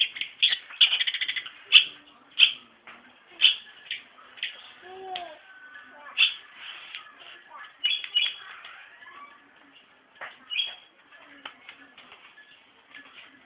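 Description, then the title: Bird song: scattered sharp, high chirps and ticking notes with short pauses, plus a brief lower whistled slur in the middle. "Kicau Burung"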